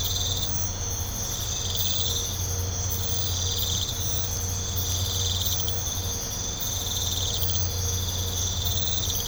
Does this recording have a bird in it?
no